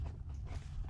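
A plastic front side panel of a Husqvarna Norden 901 motorcycle is handled and pressed at its top front corner above the fog light toward the fairing clips, with the three clip posts pushed into position on the lower front of the cover. Faint creaks and soft handling rustle sit over a low rumble, with a small tick near the end. Nothing has seated or snapped into place yet.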